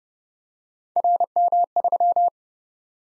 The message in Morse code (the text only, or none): RM3